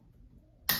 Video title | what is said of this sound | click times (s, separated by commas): Mounting the Apex rival 4-32x56. Also included two ways to level a riflescope | nice audible clicks let us know we are done | 0.7 s